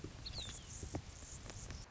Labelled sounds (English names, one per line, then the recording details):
Anna's Hummingbird
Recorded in Sonoma County, California